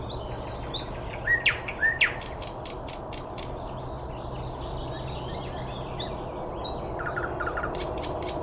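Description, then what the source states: Birds calling, a cluster of chirps and sharp notes in the first seconds, a quieter stretch of faint high twitters, then more notes at the close. Recorded 9 May 2014 at 06:39.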